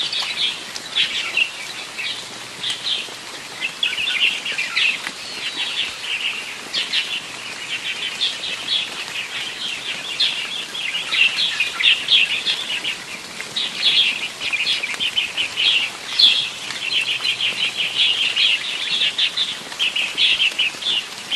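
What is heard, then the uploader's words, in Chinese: Crisp birdsong fills the scene, a dense, continuous chatter of high, bright chirps and trills that hardly pauses over the whole stretch. Several birds seem to call at once, over a faint, soft hiss with nothing low underneath. 清脆鸟鸣。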